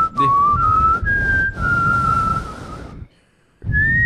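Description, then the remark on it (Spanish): A person whistles a sustained, wavering tune at a steady high pitch, holding long notes for about three seconds, pausing briefly, then starting again, over a low rumbling background. “Este, con un silbido nunca se falla, ¿no?”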